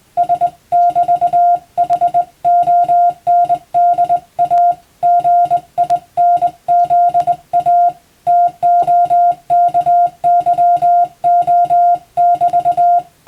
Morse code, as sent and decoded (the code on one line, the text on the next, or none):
... -...- .... --- -. -.. .- / --. .. -. --.. .- / - --- -.- -.-- --- -...-
S<BT>HONDA GINZA TOKYO<BT>